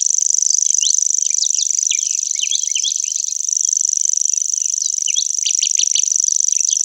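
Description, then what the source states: Common grasshopper warbler song: a continuous high mechanical reel, accompanied by busy, sweeping notes and chirps throughout. Recorded in Germany, Austria and Switzerland.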